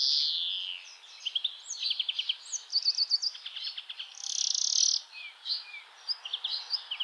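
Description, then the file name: European greenfinch song: a long buzzy wheeze at the start, then rapid dry trills and twittering notes, another drawn-out nasal wheeze near the middle, and more trills. "Chloris chloris"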